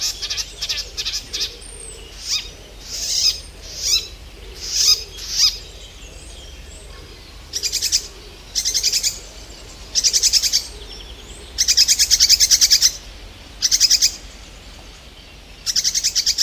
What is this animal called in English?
Icterine Warbler